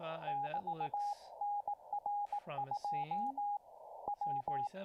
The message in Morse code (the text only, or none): <BT> NR 2 W